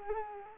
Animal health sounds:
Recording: mosquito wingbeat signal from an infrared sensor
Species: Culex quinquefasciatus

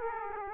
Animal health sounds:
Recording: mosquito wingbeat signal from an infrared sensor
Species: Aedes aegypti

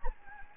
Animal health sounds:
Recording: mosquito wingbeat signal from an infrared sensor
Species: Anopheles gambiae

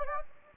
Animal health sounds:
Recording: mosquito wingbeat signal from an infrared sensor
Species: Anopheles gambiae

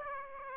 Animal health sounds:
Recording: mosquito wingbeat signal from an infrared sensor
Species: Aedes aegypti

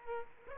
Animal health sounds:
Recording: mosquito wingbeat signal from an infrared sensor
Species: Aedes aegypti

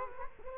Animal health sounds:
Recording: mosquito wingbeat signal from an infrared sensor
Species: Culex quinquefasciatus

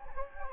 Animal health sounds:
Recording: mosquito wingbeat signal from an infrared sensor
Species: Anopheles gambiae

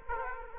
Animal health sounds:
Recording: mosquito wingbeat signal from an infrared sensor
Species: Aedes aegypti

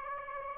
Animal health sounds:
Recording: mosquito wingbeat signal from an infrared sensor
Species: Aedes aegypti

